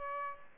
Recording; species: mosquito wingbeat signal from an infrared sensor; Aedes albopictus